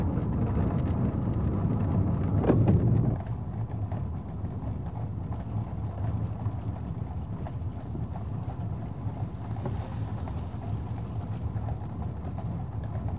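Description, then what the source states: Horse hoofbeats, rapid clopping under a low rumble of a moving vehicle, with a louder burst early on. Horses drawing the Norwich Union stage coach and four.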